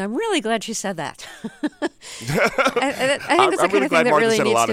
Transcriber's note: laughter